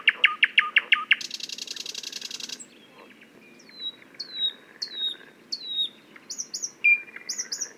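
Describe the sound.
Thrush nightingale song opening with a series of loud clicking notes, then a long harsh buzzing rattle, followed by a series of high descending whistles and short buzzy flourishes.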